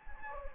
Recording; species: mosquito wingbeat signal from an infrared sensor; Anopheles gambiae